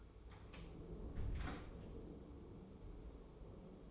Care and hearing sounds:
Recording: daily activity, microphone in the room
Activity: close door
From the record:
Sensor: 1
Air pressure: 1015.1 hPa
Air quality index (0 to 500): 107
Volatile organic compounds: 3 ppm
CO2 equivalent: 1444 ppm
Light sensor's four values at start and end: 14/33/14/15 and 14/33/14/15

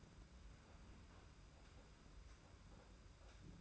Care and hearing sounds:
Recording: daily activity, microphone in the room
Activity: open fridge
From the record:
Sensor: 2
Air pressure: 991.7 hPa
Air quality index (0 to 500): 221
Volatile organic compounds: 1000 ppm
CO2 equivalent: 7373 ppm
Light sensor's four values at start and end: 26/82/32/29 and 26/82/32/29

